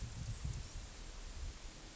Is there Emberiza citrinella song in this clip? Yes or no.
no